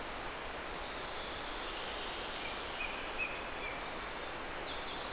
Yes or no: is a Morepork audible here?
no